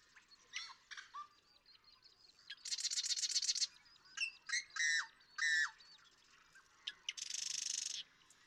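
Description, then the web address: Marsh Wren song: clicking notes, a rapid rattling trill, three loud slurred whistled notes, then a second buzzy rattle. "birdsongforthecurious Marsh Wren"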